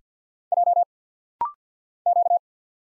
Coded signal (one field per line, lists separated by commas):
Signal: Morse code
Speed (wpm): 48 wpm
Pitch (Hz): 700 Hz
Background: none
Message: J Q